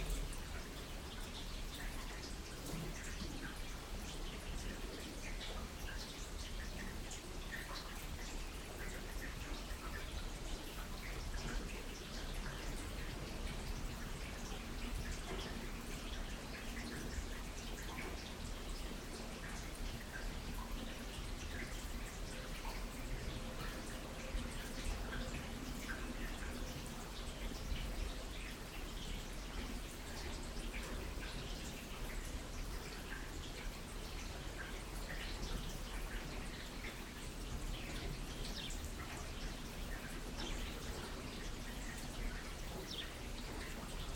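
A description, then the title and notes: Rain falls steadily throughout, a dense, even patter spread from low rumble to bright hiss with no pauses or build. Individual drops tick crisply on a surface. A faint low hum runs underneath, briefly clearer around the middle. Rain - 3pm - stereo version.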